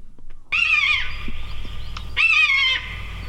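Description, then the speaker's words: Common buzzard cry: two drawn-out, plaintive mewing calls, each slightly falling in pitch, with a faint low hum beneath. Distinctive cry of the buzzard, Britain's commonest bird of prey; recording played in a bird-recognition quiz. "Now, that is the distinctive cry of the buzzard."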